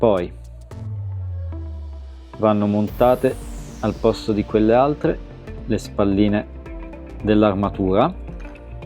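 Old shoulder pads are being swapped for new plastic armor shoulder pads on an action figure's shoulder, with music playing and someone talking over it. A few faint handling taps come through at about 0.6, 0.7 and 1.5 seconds, but nothing has seated or clicked into place yet.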